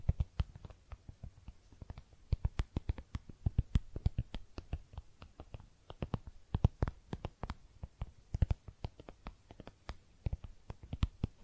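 Makeup being tapped: a steady run of quick, crisp taps, several each second in loose, uneven clusters with brief pauses. Each tap carries a soft low thud under a bright click, and a faint hiss fills the gaps between them.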